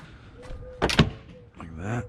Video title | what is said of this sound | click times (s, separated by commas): 2019 CIVIC HATCHBACK TAILGATE SPOILER - OEM HONDA CIVIC SPOILER - 10th GEN CIVIC -UNBOXING & INSTALL | and they just snap into place like this like | 0.8 s, 1.0 s